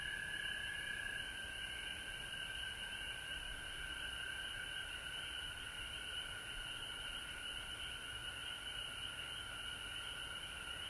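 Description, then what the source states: Frogs calling in a dense, continuous chorus of high trilling notes that blend into a steady drone. Frogs recorded at home in Georgia on March 19, 2020.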